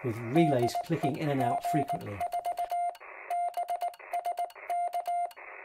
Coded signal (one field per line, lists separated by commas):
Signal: Morse code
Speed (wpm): 19 wpm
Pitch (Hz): 700 Hz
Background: speech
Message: DE G4BSK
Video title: Setting up the Yaesu FT-817ND QRP Ham Radio for great QRP operation ?